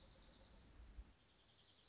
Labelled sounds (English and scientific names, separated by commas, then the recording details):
Dark-eyed Junco (Junco hyemalis)
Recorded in Sonoma County, California